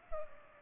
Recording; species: mosquito wingbeat signal from an infrared sensor; Culex pipiens